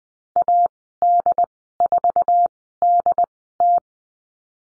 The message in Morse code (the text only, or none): AD4DT